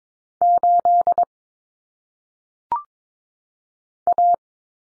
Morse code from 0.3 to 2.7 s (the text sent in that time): 8